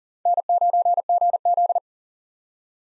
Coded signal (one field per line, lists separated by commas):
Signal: Morse code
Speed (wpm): 40 wpm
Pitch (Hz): 700 Hz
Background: none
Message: N9GZ